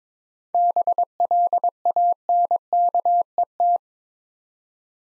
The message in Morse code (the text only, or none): BLANKET